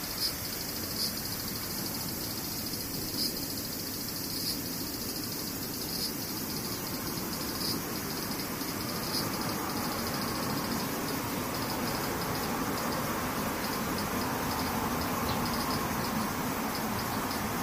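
Cicadas keep up a thin, high buzzing drone for the whole clip, with a faint rapid pulsing in it. Beneath runs a steady low rumble like passing traffic, filling out a little more in the second half.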